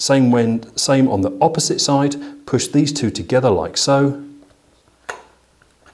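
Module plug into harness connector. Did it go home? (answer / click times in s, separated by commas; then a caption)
yes / 5.1 s. Someone talks while pushing two plastic connector halves together on the opposite side, joining a Weiser-Technik Wizard module plug to the BMW wiring harness connector on a BMW R1250 GS/GSA (male end of the BMW system into the female end of the Weiser system). A sharp click at 5.1 s shows the connector has clicked in and seated, followed by a couple of faint ticks.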